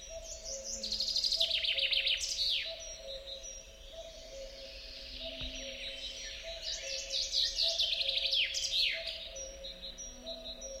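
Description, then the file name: Common chaffinch song phrases, rattling descending series of bright notes ending in a flourish, given twice, over a low hum. "Fringilla coelebs"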